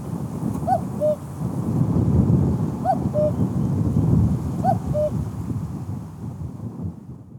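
Steppe cuckoo repeating its dipping two-note cu-coo three times against deep rumbling background noise that fades toward the end.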